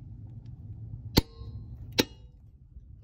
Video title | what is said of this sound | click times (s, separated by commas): Chevrolet Corvette: How to Torque Lug Nuts! | your hand placement is here okay and you're just going to tighten it until you hear a click | 1.2 s, 2.0 s